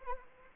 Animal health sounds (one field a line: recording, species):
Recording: mosquito wingbeat signal from an infrared sensor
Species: Anopheles arabiensis